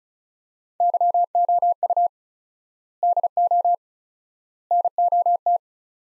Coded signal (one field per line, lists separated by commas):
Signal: Morse code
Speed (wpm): 34 wpm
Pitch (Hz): 700 Hz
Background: none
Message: YOU DO NOT